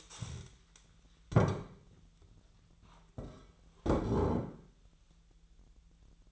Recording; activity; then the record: daily activity, microphone in the room; stand up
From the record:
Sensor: 3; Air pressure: 1001.8 hPa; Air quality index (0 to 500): 249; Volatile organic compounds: 137 ppm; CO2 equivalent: 3960 ppm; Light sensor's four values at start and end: 11/26/11/11 and 11/25/11/11